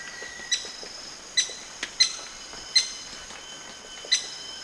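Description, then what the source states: Maroon woodpecker calls: five or six abrupt, sharp notes at uneven intervals, heard over continuous high-pitched insect whine. Recorded at Danum on 1 March 2008.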